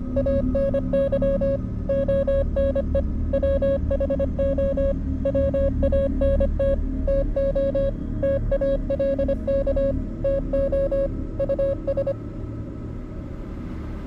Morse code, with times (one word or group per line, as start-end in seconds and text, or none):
0.2-1.6 ANY
1.9-3.0 ONE
3.3-4.9 WHO
5.3-6.7 WANT
7.1-7.9 TO
8.2-9.9 TALK
10.2-11.1 TO
11.4-12.1 US